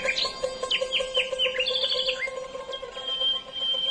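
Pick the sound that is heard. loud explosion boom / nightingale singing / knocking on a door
nightingale singing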